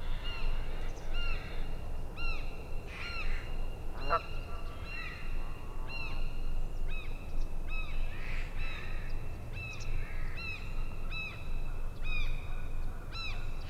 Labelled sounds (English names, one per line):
Canada Goose call